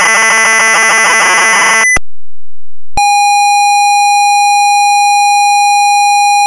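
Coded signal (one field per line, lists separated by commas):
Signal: ZX Spectrum tape loading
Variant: Sinclair ZX Spectrum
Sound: brief busy harmonic noise, a pause, then a steady buzzy lead tone near 800 Hz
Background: possible intro music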